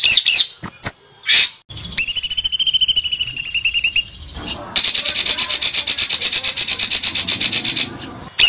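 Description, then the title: White-eye song: a few sharp chirps, then a pulsed trill with a lower parallel tone, followed by a fast, even, buzzy trill held for several seconds. Training recording of continuously singing (gacor) white-eye song with rapid bursts (tembakan). "Masteran Burung Pleci Gacor Full Tembakan"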